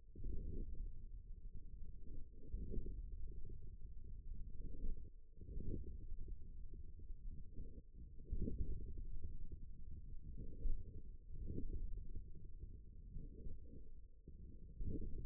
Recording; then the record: forearm muscle sounds (acoustic myography)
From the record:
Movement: forearm supination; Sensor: system 1, eight BSWA MPA416 microphones around the upper forearm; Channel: 7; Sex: male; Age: 41 years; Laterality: right